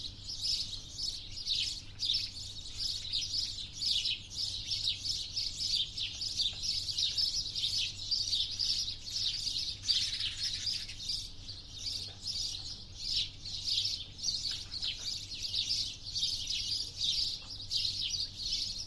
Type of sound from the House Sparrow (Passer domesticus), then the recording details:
call. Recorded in the wild. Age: adult. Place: Linmi Keriou, Zakynthos, Ionien Islands, GR. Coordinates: 37.6894, 20.8392. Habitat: urban area. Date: 2012-06-26. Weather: 20°C, sunny, almost windless. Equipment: Sound Devices 702, Sennheiser MKH 415 T, Rhode Windschutz. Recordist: Frommolt, Karl-Heinz. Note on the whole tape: Hotel Harmonie: Rufe von Haussperlingen in einer Brutkolonie. Entfernung ca. 10 m